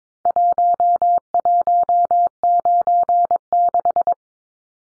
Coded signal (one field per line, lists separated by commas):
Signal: Morse code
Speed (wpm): 22 wpm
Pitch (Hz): 700 Hz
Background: none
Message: 1196